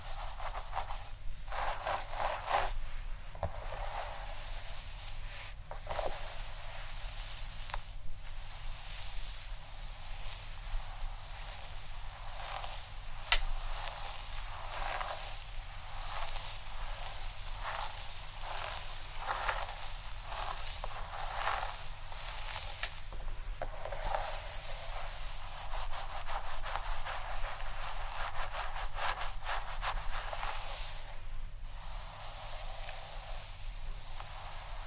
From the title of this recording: Scalp Massage (Head Scratching, Hair Brushing, Shampoo)